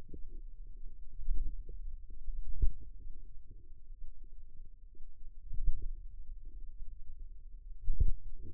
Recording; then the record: forearm muscle sounds (acoustic myography)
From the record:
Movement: pen grasping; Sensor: system 2, bracelet of six BSWA MPA416 microphones around the upper forearm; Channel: 6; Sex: female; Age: 22 years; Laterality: right